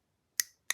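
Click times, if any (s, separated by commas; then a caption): 0.4 s, 0.7 s. A Nip Lite folding knife blade is cycled with the detent in the handle, and the stop pin travels as the blade seats. Two sharp, bright snap-like clicks sound at 0.4 s and 0.7 s, the first with a short metallic ring. The blade seats.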